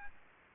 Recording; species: mosquito wingbeat signal from an infrared sensor; Aedes aegypti